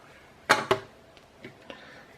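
A magnetic plastic side button panel is pulled off the body of an Alienware Elite Gaming Mouse AW958 to swap it for the six-button panel. A sharp snap is heard at 0.5 s as the magnets let go, followed by a second snap at 0.7 s and a few faint taps. The panel comes free.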